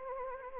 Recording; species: mosquito wingbeat signal from an infrared sensor; Anopheles arabiensis